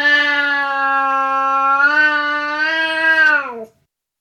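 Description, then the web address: Burmese cat utters a sustained, even-pitched angry wail that rises a little near the end before sliding down and stopping abruptly. Long cry of anger. "BBC Cats Burmese"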